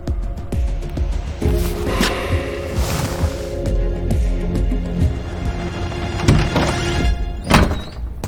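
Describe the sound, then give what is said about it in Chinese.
A door is pushed open as someone enters a room without knocking, with a few dull thunks and light clattering, over a steady low tonal drone, ending with a sharper bang toward the close. “进屋要先敲门。”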